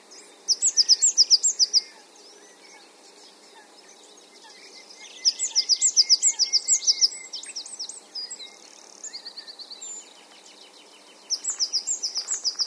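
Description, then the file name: Great tit calls: three rapid high-pitched bursts of repeated notes, with soft lower chirps and faint background noise between. "Parus major"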